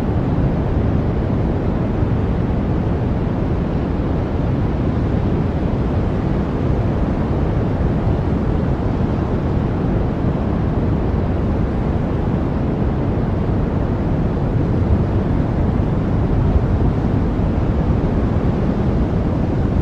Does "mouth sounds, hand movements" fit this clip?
no